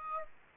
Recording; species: mosquito wingbeat signal from an infrared sensor; Aedes aegypti